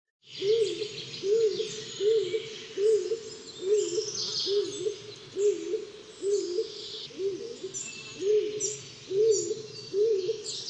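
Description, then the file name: Stock dove calling with a long series of deep, regular coos, each slightly rising and falling, roughly every eight-tenths of a second, amid light songbird chirps. "siniak"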